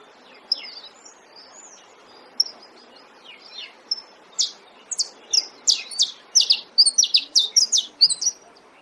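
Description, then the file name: Saffron finch song: soft, scattered high chips build into a loud, quick run of sharp chirps. "canario da terra"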